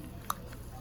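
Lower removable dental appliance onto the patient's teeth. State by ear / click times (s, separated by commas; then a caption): seated / 0.3 s. A dentist presses a patient's lower snap-on dental appliance, a removable resin arch, down over his natural teeth. A single sharp click sounds at 0.3 s over a low background hum, followed by a fainter tick at about 0.5 s. The appliance snaps into place and is seated.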